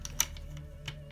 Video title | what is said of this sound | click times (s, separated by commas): Blockhead Motors Wild One Build Series - (Steps 13-16) - Tips and Tricks | on top of there it kind of snaps into place um with the | 0.2 s